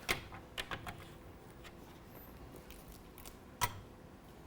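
A torque wrench, a dial-indicating type, tightens and checks the set screw of an S-5 clamp on a standing-seam metal roof panel to make sure torque is reached or exceeded for proper holding strength. Sharp ratchet-like ticks sound around 0.1 to 0.9 s, then a quiet stretch, and a sharper hit at 3.6 s marks the wrench clicking at its set torque.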